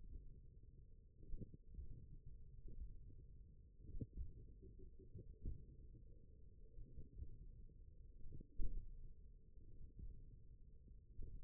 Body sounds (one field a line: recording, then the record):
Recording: forearm muscle sounds (acoustic myography)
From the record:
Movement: tripod grip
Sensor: system 1, eight BSWA MPA416 microphones around the upper forearm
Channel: 7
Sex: male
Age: 20 years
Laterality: left